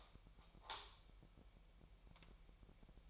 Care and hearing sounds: daily activity, microphone in the room; light on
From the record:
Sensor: 1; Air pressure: 1001.9 hPa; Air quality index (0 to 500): 249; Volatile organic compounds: 52 ppm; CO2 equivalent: 3327 ppm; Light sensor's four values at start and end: 5/11/4/5 and 9/28/10/12

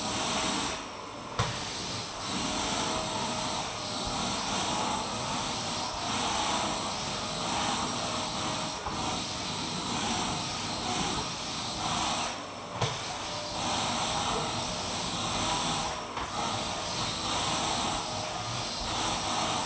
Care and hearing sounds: daily activity, microphone in the room; vacuum cleaning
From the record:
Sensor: 1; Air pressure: 1002.0 hPa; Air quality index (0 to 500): 242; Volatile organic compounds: 47 ppm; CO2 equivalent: 3255 ppm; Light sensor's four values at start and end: 8/27/10/11 and 8/27/10/11

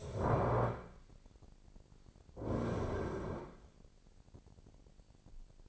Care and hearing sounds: daily activity, microphone in the room; stand up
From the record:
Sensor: 5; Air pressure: 1009.3 hPa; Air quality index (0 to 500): 155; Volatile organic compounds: 2 ppm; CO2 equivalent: 1191 ppm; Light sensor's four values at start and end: 218/522/221/239 and 214/514/217/235

